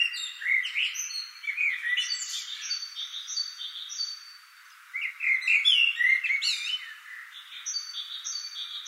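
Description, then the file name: Common blackbird singing warbled, fluting phrases twice, with bursts of twittering; another bird's high, thin notes repeat in short series throughout. "Turdus merula"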